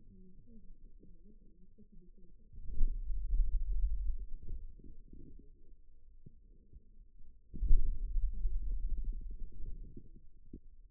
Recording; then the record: forearm muscle sounds (acoustic myography)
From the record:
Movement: hand closing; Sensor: system 2, bracelet of six BSWA MPA416 microphones around the upper forearm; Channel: 1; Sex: male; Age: 22 years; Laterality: right